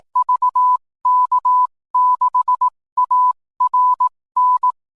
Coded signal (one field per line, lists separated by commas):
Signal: Morse code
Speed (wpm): 18 wpm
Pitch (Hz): 1000 Hz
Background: none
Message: VK6ARN